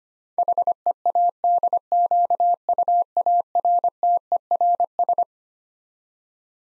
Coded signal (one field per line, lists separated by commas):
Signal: Morse code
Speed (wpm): 25 wpm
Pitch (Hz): 700 Hz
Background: none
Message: HEADQUARTERS